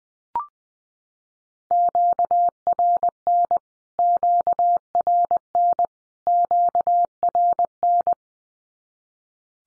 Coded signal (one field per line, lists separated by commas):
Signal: Morse code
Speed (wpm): 20 wpm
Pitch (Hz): 700 Hz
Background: none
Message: QRN QRN QRN